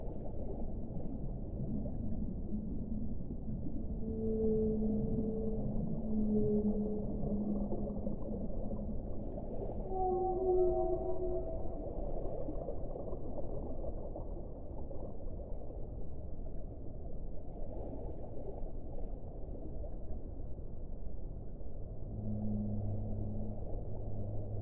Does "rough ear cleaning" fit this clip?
no